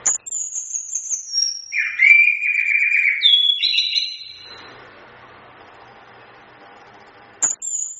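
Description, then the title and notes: Chestnut-capped thrush giving high thin whistles that fall to lower, richer warbled notes, then a few level tones, a long quiet gap and one more high whistle. Training recording for songbirds. "Masteran Anis Kembang"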